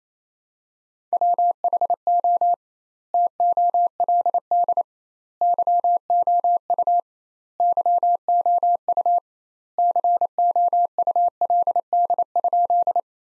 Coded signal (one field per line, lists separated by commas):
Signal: Morse code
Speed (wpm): 27 wpm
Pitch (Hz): 700 Hz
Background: none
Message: WHO TOLD YOU YOU COULD?